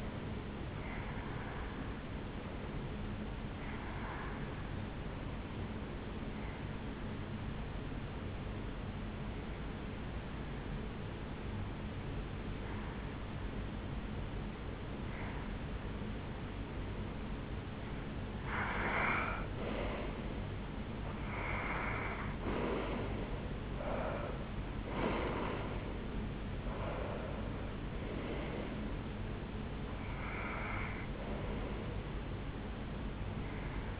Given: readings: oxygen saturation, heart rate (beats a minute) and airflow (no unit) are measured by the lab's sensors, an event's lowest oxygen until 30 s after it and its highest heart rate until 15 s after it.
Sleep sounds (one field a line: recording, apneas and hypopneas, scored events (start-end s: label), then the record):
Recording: breathing in sleep by a voice recorder at the bedside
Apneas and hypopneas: 1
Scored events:
6.00-20.30 s: hypopnea (N1, oxygen 90% highest, then 86% lowest, heart rate 77 at the start, 81 highest)
33.00-34.00 s: new sleep stage, REM sleep
From the record:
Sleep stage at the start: N1 (lightest sleep)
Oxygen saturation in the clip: 87 to 90%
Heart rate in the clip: 72 to 81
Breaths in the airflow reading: 11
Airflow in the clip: -8.0 to 5.7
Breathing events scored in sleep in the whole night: 449 in 7.0 hours asleep